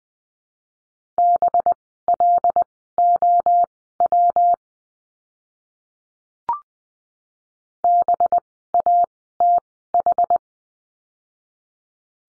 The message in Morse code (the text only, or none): BLOW BATH